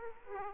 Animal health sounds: mosquito wingbeat signal from an infrared sensor; Aedes aegypti

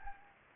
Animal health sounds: mosquito wingbeat signal from an infrared sensor; Anopheles gambiae

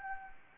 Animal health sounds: mosquito wingbeat signal from an infrared sensor; Anopheles gambiae

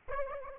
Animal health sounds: mosquito wingbeat signal from an infrared sensor; Aedes aegypti

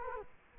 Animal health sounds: mosquito wingbeat signal from an infrared sensor; Culex quinquefasciatus

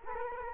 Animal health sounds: mosquito wingbeat signal from an infrared sensor; Culex quinquefasciatus

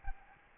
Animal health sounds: mosquito wingbeat signal from an infrared sensor; Aedes albopictus

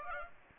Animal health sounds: mosquito wingbeat signal from an infrared sensor; Aedes aegypti

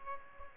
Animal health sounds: mosquito wingbeat signal from an infrared sensor; Aedes aegypti

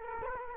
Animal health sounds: mosquito wingbeat signal from an infrared sensor; Culex quinquefasciatus

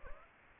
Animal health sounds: mosquito wingbeat signal from an infrared sensor; Aedes aegypti

